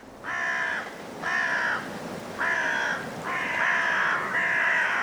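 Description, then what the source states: Carrion Crow cawing: five harsh caws in steady succession, with constant gusty wind noise underneath. Five birds calling through blustery winds in a cold woodland at dusk, Woodchester Park, Gloucestershire, England.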